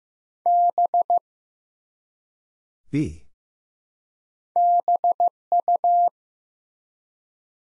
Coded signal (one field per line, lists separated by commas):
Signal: Morse code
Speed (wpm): 15 wpm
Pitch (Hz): 700 Hz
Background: none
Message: B BU